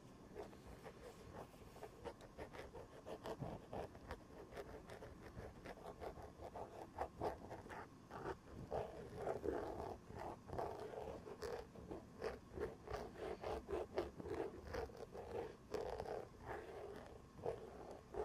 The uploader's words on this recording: Sounds like: having your shaved head rubbed in a circle, tracing a kneecap under leggings, scratching the elbow pad of an old sweater.